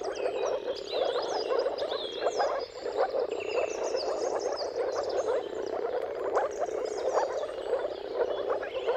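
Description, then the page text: Moor frogs call in a thick, low bubbling chorus, briefly dipping near the third second, with clear rising and falling bird whistles above. Mating calls of a moor frog chorus recorded at sunrise, at the turn of March and April, timing depending on the weather. "Jakub-Orzecki moor frogs. Dawn’s Chorus: Mating Calls of Marsh Frogs at Sunrise. Depending on the weather at the turn of March and April, you can witness an amazing spectacle of moor frogs"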